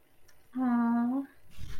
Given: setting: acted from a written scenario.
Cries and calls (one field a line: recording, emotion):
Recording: vocal sound without words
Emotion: adoration